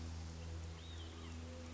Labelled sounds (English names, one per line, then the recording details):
Olive-sided Flycatcher
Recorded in Sonoma County, California